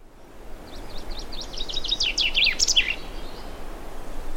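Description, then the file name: Common chaffinch delivering a fast series of bright notes that speed up and drop in pitch, finishing with a short flourish, over low steady noise. "Fringilla coelebs"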